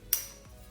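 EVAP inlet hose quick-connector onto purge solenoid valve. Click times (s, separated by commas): 0.1 s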